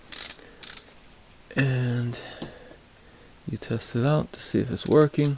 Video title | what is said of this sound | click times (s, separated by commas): K-D Tools 721108 Ratchet TOTAL TEARDOWN & Comparison To Similar Danaher Group Ratchets, 3/8” Drive | you just press it down and get it in there and make sure it clicks into place | 0.1 s, 0.6 s